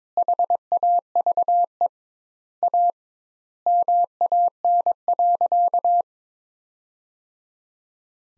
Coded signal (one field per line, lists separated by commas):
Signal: Morse code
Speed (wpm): 22 wpm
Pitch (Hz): 700 Hz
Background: none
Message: HAVE A MAN.